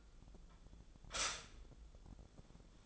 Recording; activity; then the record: daily activity, microphone in the room; stop toaster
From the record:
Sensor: 5